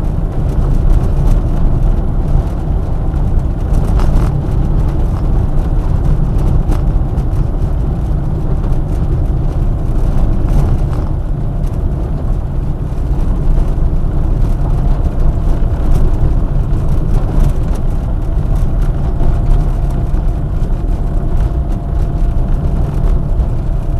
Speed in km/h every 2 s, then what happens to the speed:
30, 30, 29, 29, 29, 29, 29, 26, 28, 28, 30, 29.
0-24 steady at about 29.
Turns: none.